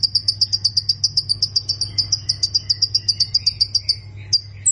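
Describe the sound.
Plain prinia delivering a long steady trill of rapid high ticks, about four per second, ending with a thin whistled note, over a faint low hum.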